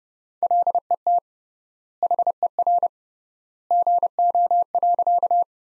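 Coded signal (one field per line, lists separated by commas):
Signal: Morse code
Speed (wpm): 30 wpm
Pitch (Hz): 700 Hz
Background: none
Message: LET HER GO.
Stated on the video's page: Morse practice of sentences from the top 300 words at 30 wpm with 3x word spacing, a method analogous to Farnsworth.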